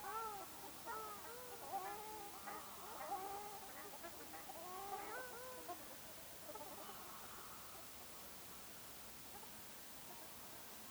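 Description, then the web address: Ruddy shelduck nasal calls, softer and overlapping, a rapid series for about six seconds before fading to near silence. "sound Ruddy-shelduck"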